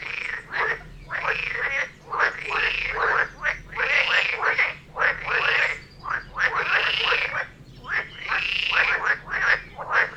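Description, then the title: Frogs croaking in a steady chorus, loud rasping calls repeating regularly, interleaved with short clicks from other frogs. Frog chorus near Vellerner Brook in Neubeckum, recorded at 2pm; binaural recording, best with headphones. "Frog concert near Vellerner Brook in Neubeckum - 2pm - binaural version"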